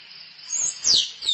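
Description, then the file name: Squirrel calls: a thin high note, a bright falling chirp, then the start of another squeak. Female squirrel calling for a mate. "tieng soc cai keu ban tinh"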